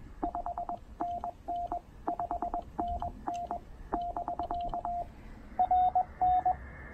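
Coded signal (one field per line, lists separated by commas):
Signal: Morse code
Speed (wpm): 20 wpm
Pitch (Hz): 690 Hz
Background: none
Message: 5NN 5NN <BK> RN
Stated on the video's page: POTA activation with Penntek TR-45L and Elecraft AX1 antenna, QRP, operated with a wide CW filter.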